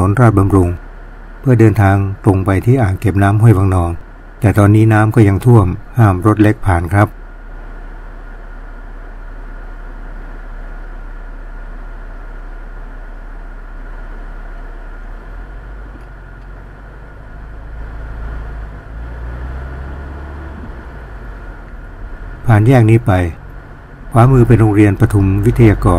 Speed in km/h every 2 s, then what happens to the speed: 11, 5, 0, 0, 0, 0, 0, 4, 2, 6, 11, 13, 19.
0-3 brakes to 0. 3-12 standing. 12-17 steady at about 2. 17-26 pulls away to 19.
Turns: none.